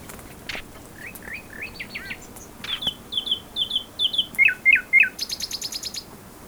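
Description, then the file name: Common nightingale song: slurred notes, then a sequence of sharp repeated high notes, a few loud whistled notes and a final rapid high series. "Luscinia megarhynchos"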